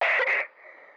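A single short, sharp cough burst from an adult, lasting about half a second, followed by a faint breathy tail with no rattle or bubbling. This is a dry cough, a non-productive cough that brings up no mucus.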